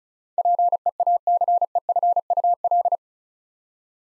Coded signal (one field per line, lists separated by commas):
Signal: Morse code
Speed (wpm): 36 wpm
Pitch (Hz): 700 Hz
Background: none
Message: PEACEFUL